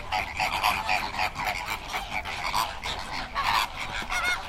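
Flamingo flock calls, a busy chorus of nasal, goose-like honks and gabbling, with low rumbling noise beneath.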